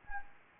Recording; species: mosquito wingbeat signal from an infrared sensor; Anopheles gambiae